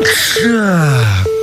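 A loud, breathy sneeze bursts out and trails off into a long, falling voiced sound, while a steady beeping tone pulses on and off in the background.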